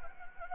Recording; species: mosquito wingbeat signal from an infrared sensor; Anopheles gambiae